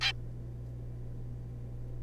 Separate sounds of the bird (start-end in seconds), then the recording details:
0.01-0.12. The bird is a juvenile. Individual R3549